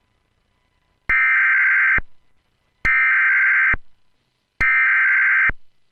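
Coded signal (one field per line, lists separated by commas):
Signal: Emergency Alert System (SAME) tones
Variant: header bursts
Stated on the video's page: Fictional EAS scenario, a made-up alert.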